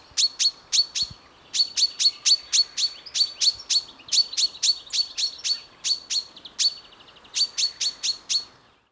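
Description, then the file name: Common chaffinch calls: sharp, metallic single notes repeated rapidly, about four per second, in bursts separated by brief pauses. "Fringilla coelebs"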